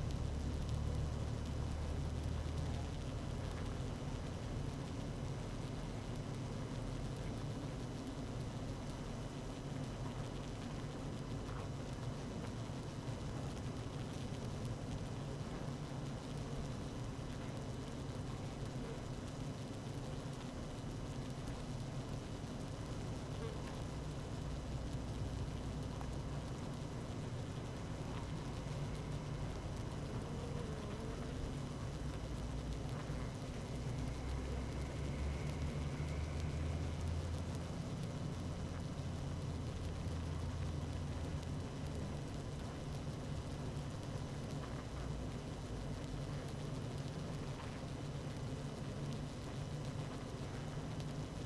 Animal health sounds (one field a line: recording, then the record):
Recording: honeybee colony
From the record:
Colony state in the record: active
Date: 12 June 2018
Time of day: 17:26